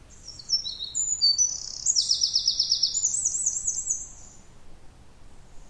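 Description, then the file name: Eurasian wren song: high, quick warbled phrases running into fast rattling trills, then quiet background. "Troglodytes troglodytes"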